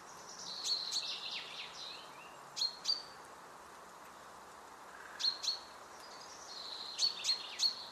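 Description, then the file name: Common chaffinch calls, brief high chips given in pairs and small bursts, irregularly spaced, with a faint hissing background. "Fringilla coelebs"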